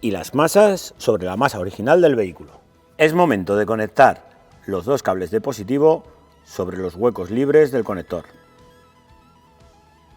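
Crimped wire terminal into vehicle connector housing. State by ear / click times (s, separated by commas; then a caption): not seated / none. On a 2023 Citroën C4 X, the two positive crimped wire terminals of a towbar wiring kit are being readied to push into the free cavities of the vehicle's plastic connector, after the kit's ground wires are placed on the vehicle's original ground. Someone talks over background music, and the clip ends with nothing seated or clicked yet.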